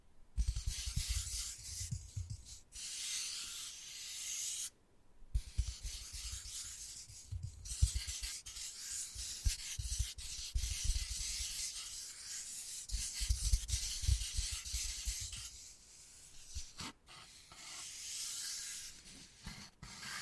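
Wood carving with continuous rough scraping and rasping strokes, bright and gritty, broken by brief pauses near 2.5, 5 and 17 seconds.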